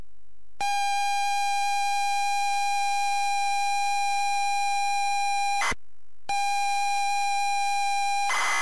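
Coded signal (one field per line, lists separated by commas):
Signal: ZX Spectrum tape loading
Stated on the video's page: ZX Spectrum tape loading of Paperboy on a ZX Spectrum +3 from a WH Smith CPD8300 cassette player.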